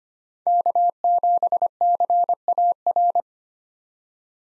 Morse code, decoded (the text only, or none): K7CAR